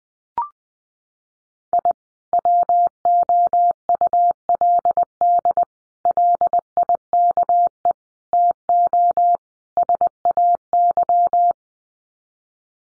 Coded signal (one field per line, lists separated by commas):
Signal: Morse code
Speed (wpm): 20 wpm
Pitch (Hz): 700 Hz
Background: none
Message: I WOULD LIKE TO SAY